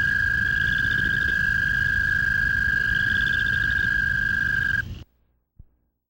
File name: American Toad